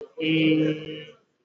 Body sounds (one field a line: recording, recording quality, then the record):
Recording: sustained vowel as in made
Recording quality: excellent, no background noise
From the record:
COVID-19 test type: RT-PCR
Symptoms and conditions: cough, cold, fever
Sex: female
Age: 35 years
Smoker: no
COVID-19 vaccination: both doses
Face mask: worn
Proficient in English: yes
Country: India